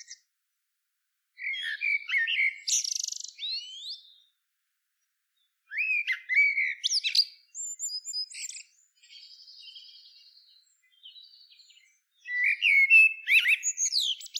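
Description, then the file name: Common blackbird song: three warbling fluted phrases with thin high squeaks and twitters, separated by pauses, with a soft buzzy sound between the second and third. "Turdus merula"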